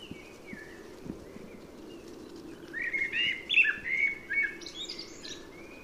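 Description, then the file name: Common blackbird song: faint notes at first, then a clear mellow whistled phrase ending in high, scratchy twittering. "Turdus merula"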